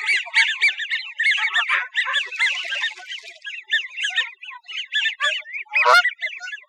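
American wigeon whistling in rapid arched notes, several birds overlapping in a busy chorus, with a brief sharp noise near the end.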